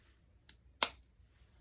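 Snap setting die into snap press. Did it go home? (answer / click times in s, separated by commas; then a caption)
yes / 0.8 s. A metal snap-setting die for a spring snap is pushed, writing side down, into the holder of a hand snap press. A small tick at 0.5 s is followed by a sharp, bright click at 0.8 s, the loudest sound in the clip, as the die seats in the press, showing it fits. Only faint low background noise remains afterward.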